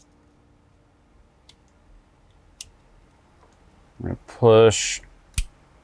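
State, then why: Seated. A keyed plastic radio wiring connector is pushed into its mating harness plug during a Toyota Tundra backup and front-facing camera kit installation. Someone talks, a few faint ticks come before, and a sharp click at 5.4 s shows the connector has seated.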